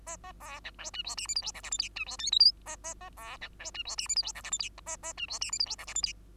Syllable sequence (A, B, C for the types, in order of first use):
A A B C D E F G H I J K L M N E F O P Q A A A B C D E F G H I J K L M N A A E F G H I J K L M N